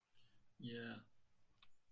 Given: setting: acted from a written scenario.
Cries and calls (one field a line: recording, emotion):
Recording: vocal sound without words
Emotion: pride